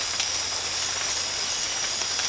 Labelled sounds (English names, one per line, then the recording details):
none
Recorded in dense forest near Puerto Asís, Putumayo, Colombia, on 8 March 2025 at 03:00
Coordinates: 0.484, -76.325
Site G045